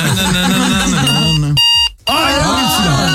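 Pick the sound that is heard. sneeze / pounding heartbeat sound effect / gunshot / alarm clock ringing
alarm clock ringing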